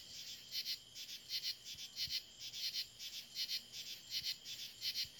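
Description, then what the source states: Insects chorusing with high rasping pulses in quick paired bursts over a constant shrill background hum. Insect chorus recorded in July.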